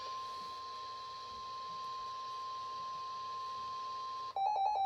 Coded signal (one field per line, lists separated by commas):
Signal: Emergency Alert System (SAME) tones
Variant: 1050 Hz attention tone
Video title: CHRISTMAS EVE EVENT - EAS Alerts on 12/24/21 (EAS #149, TF 33-34)